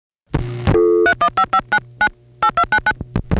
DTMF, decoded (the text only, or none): 315599 8299